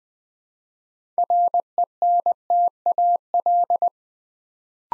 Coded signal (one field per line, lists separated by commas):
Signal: Morse code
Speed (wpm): 20 wpm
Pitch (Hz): 700 Hz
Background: none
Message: RENTAL